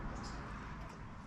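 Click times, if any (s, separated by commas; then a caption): none. A freshly crimped metal ignition lead terminal is being handled and pushed toward the tip of a spare spark plug to set the contact, with steady low-frequency background noise and no distinct transients. Nothing has seated or clicked yet.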